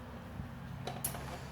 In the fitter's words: and click into place and you've got your M4 carry handle for your stri